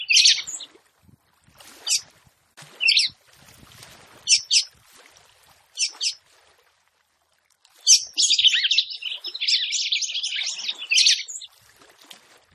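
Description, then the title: Red-cowled cardinal song: several short bright chirps at irregular intervals, then a long, dense, scratchy warbling phrase lasting a few seconds. Song of a female, described as fiery and nervous, used to excite and fire up the male. "CANTO DA FÊ MEA GALO CAMPINA FOGOSA LEVANTA FOGOESQUENTA GALO CAMPINA MACHO RAPIDINHO FÊ MEA NERVOSA"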